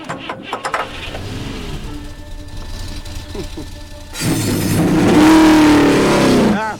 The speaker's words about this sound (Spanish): ¡Caballeros! ¡Enciendan sus motores!